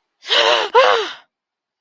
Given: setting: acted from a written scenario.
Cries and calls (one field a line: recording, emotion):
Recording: vocal sound without words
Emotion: negative surprise